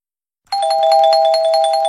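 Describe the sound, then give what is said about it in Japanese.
A bright electronic chime rings out after a moment of silence, its steady high tones pulsing in a quick, even rhythm like a doorbell, loud and clear with no talking. It is the deadline chime on MBS Radio marking the close of entries for a lottery quiz. “締め切りのチャイムが鳴りました。”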